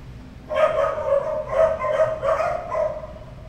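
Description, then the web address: Dog barking: three drawn-out, tonal barks in quick succession, with brief pauses between them, over faint background noise. "sons Chiens"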